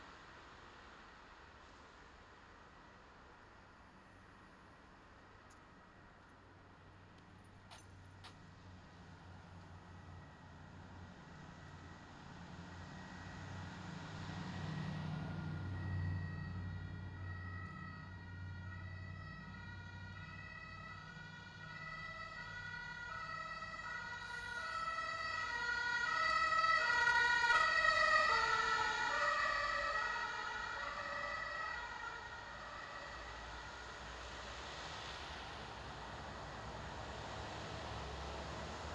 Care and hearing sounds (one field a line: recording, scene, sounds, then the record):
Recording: everyday scene through a hearing-aid microphone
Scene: in traffic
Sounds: traffic, siren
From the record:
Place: bus stop on a city main road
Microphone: in the ear canal, left